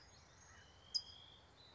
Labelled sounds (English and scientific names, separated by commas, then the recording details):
California Towhee (Melozone crissalis)
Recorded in Sonoma County, California